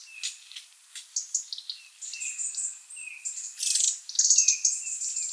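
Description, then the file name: European robin song, high thin notes and trills with lower drawn-out whistles, busy throughout. "Erithacus rubecula"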